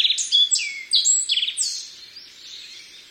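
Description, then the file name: Black-faced bunting song: a quick phrase of varied high notes and short buzzy slurs, loud at first and trailing off into softer twittering. "aoji"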